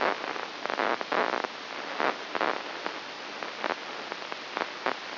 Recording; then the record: brain microelectrode recording played as sound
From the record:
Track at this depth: inside the subthalamic nucleus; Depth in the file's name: 2.205 mm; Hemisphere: right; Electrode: 3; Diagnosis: Parkinson's disease